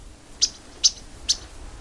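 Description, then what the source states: Yellow-rumped Warbler chip calls: three sharp, high, clipped notes, almost evenly spaced, the last a little weaker, over a quiet, low background hiss. Wintering birds, nicknamed butterbutt, along the Atlantic coast where hundreds may be found in a day; they turn to fruit in winter when insects are scarce.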